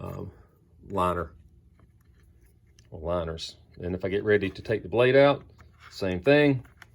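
A slipjoint spring tensioning tool is handled on the liners of a knife while preparing to take the blade out, as someone talks. A few faint, brief ticks are heard between the words. Nothing has seated or clicked into place yet.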